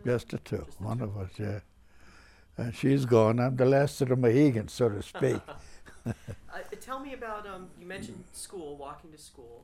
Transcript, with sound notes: Just the two. Both of us.
Just the two.
Yeah. And she's gone. I'm the last of the Mahicans, so to speak. (they laugh)
Tell me about, you mentioned school, walking to school.